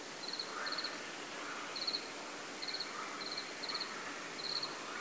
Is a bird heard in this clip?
no